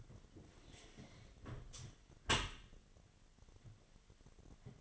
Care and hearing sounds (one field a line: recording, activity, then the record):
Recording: daily activity, microphone in the room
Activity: close dishwasher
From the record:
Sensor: 4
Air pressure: 1007.5 hPa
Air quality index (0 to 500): 200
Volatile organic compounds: 7 ppm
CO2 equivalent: 1996 ppm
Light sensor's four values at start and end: 22/70/27/26 and 23/72/27/26